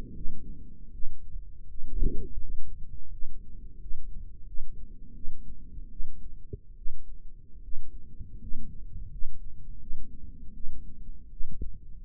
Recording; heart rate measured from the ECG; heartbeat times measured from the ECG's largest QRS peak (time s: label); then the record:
heart sounds by microphone in the right ear; 81 bpm
0.14 s: heartbeat
0.92 s: heartbeat
1.68 s: heartbeat
2.40 s: heartbeat
3.11 s: heartbeat
3.79 s: heartbeat
4.46 s: heartbeat
5.14 s: heartbeat
5.90 s: heartbeat
6.77 s: heartbeat
7.62 s: heartbeat
8.40 s: heartbeat
9.10 s: heartbeat
9.80 s: heartbeat
10.54 s: heartbeat
11.31 s: heartbeat
From the record:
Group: healthy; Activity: rest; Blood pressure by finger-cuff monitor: 105/62 mmHg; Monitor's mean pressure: 75 mmHg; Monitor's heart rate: 82 bpm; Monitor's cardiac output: 6.7 L/min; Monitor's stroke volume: 81 mL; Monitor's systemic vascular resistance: 800 dyn s/cm5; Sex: female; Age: 22 years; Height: 163 cm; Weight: 67.1 kg